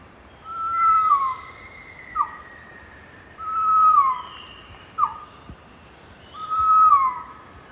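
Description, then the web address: Pavonine quetzal calling with mellow whistled notes that slide downward at the end, repeated roughly every three seconds, with short sharp whistles between them. South America, eastern lowlands. "Natures Songs S America Eastern Lowlands Pavonine Quetzal"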